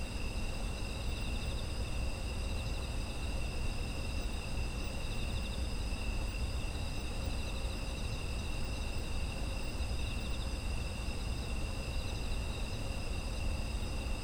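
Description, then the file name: Insects chirring steadily, multiple high sustained trilling tones stacked together without break, set against an even low background rumble. Autumn insects, environmental ambience. "秋の虫の環境音"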